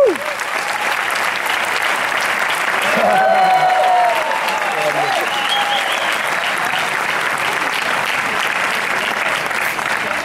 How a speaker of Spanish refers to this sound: Un aplaudiment, si us plau, per Nacho Sardà.